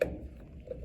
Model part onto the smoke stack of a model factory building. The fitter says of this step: snaps into place like that uh you'll see then it has this